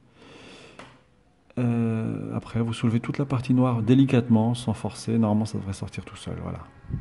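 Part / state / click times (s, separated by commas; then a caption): small grey plastic cover on the lawnmower motor housing / released / 0.8 s. During disassembly of a Bosch Rotak 37 electric lawnmower, a small grey plastic cover on the motor housing is lifted and unclips with a short click at 0.8 s. After a brief quiet pause, someone talks for the rest of the clip.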